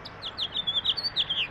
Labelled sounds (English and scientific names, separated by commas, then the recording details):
House Finch (Haemorhous mexicanus) song
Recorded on Long Island, New York, on 18 April 2012
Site GC
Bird A